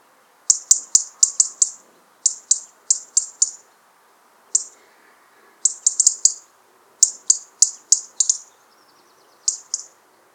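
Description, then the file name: European robin calls: short, very high thin chirps in quick bursts of several, separated by brief pauses. "Erithacus rubecula"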